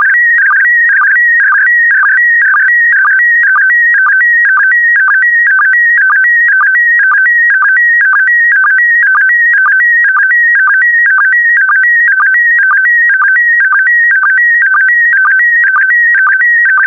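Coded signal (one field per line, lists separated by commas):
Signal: SSTV (slow-scan television)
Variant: PD120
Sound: steady repeating warble of stepped tones with short low blips about twice a second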